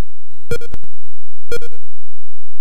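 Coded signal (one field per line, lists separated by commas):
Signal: none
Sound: a game's sound effect beeps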